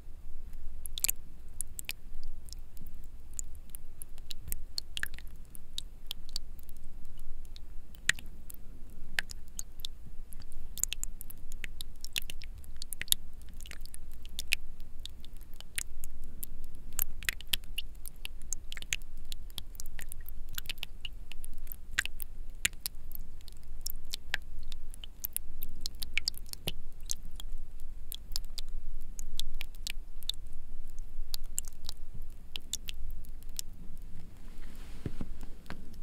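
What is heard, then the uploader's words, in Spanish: Water drops and spray fall in a dense, irregular patter of sharp ticks over a steady low rumble, continuing throughout the clip. Sonidos muy relajantes de gotas cayendo, pulverizadores de agua y más.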